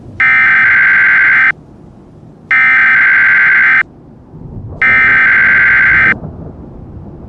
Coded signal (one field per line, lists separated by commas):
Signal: Emergency Alert System (SAME) tones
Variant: header bursts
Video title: EAS Scenario: Absolutely Radioactive Part 9 THE GRAND FINALE